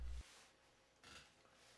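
The plastic hood of a canister vacuum is lowered over the dust bag compartment after its support legs are freed. A short low thump opens the clip, followed by quiet rubbing and handling, with a brief brighter scraping burst near 1.0–1.2 s. The clip ends before the hood snaps shut, so nothing has seated yet.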